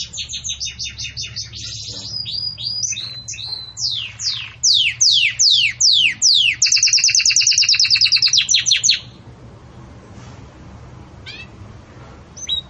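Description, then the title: Belgian canary delivers a varied song of chirps and slow sweeping notes, then a fast trill, before falling silent with faint background hiss. Belgian canary singing the 'campainha' (bell) song style, recorded for tutoring young chicks. "Belíssimo Canto Do Canário Belga Campainha Para Encarte De Filhotes"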